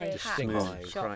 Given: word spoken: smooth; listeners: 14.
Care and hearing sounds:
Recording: one English word in noise, from a listening test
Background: four-talker babble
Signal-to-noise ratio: -2.4 dB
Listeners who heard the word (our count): 1 of 14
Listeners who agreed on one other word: 8 of 14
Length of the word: 0.76 s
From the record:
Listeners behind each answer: 8, 1, 1, 1, 1, 1, 1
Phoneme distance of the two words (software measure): 58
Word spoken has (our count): 1 syllable, 4 phonemes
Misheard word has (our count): 2 syllables, 8 phonemes, stress on syllable 2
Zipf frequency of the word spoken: 4.36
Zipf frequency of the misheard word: 3.75

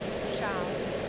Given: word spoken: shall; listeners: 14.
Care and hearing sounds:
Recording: one English word in noise, from a listening test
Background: speech-shaped noise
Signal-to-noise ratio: -6.0 dB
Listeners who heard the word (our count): 1 of 14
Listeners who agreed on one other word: 8 of 14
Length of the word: 0.69 s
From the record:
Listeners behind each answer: 8, 3, 1, 1, 1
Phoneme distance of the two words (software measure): 27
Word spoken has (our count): 1 syllable, 3 phonemes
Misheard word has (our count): 1 syllable, 4 phonemes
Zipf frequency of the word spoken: 5.25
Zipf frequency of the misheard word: 5.14

